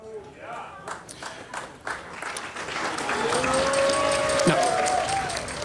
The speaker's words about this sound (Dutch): Dat applaus liet me wat door, maar ik ben toch even bij u.